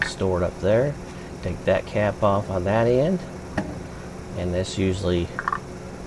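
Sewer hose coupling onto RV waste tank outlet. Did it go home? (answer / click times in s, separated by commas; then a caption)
yes / 5.5 s. A cap is taken off and a sewer hose's plastic bayonet coupling is fitted onto an RV waste tank outlet while someone talks. Two sharp ticks at 5.5 s and 5.5 s mark the coupling snapping into place, seated on the outlet.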